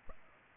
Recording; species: mosquito wingbeat signal from an infrared sensor; Culex pipiens